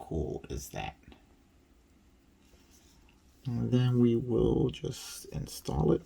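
A chromed plastic Gundam RX-78-2 model kit part is handled as it is about to be installed into its joint. Someone talks at the start and again near the end, with quiet handling sounds and a couple of faint taps in between. Nothing has seated or clicked yet.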